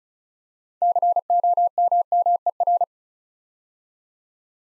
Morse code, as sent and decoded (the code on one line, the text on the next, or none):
-.-. --- -- -- . .-.
COMMER